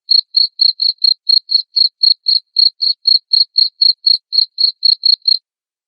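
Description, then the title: Cricket chirps, sharp evenly spaced pulses about four per second, continuing for five seconds before stopping into silence. Loud cricket chirping played to make lovebirds sing continuously. "Suara JANGKRIK NGERIK Keras Bikin LOVEBIRD Jadi NGEKEK Terus"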